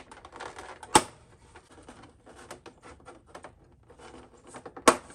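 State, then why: Released. An aftermarket plastic front nose fairing on a 2020 S1000RR motorcycle is pulled outward by hand to unclip it from its mounting tabs, with soft rustling and scraping between two sharp pops. The fairing clips pop free at 1.0 s and 4.9 s, releasing the nose from its tabs.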